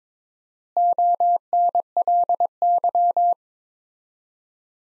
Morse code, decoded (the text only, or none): ONLY